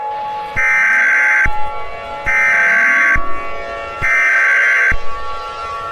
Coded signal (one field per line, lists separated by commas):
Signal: Emergency Alert System (SAME) tones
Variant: header bursts